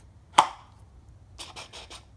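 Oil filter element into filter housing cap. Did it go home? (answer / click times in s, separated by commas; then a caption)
yes / 0.4 s. A new paper oil filter element for a 2004 Ford F-350 6.0 Power Stroke is pushed onto the end of the plastic filter housing cap, giving a single sharp snap at 0.4 s. Four softer, scratchy rustling bursts follow between about 1.4 and 2.0 s. The element is snapped in and seated on the cap.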